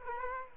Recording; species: mosquito wingbeat signal from an infrared sensor; Culex quinquefasciatus